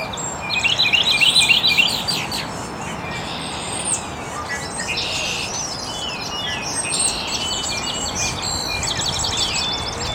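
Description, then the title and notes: Birds: bird chorus of high chirps and twitters; a loud rapid trill opens, then many overlapping calls continue against a constant hiss. Birds chirping very early in the morning in an estuary. "Birds Chirping in the Early Morning. Original sounds of birds chirping very early in the morning in an estuary"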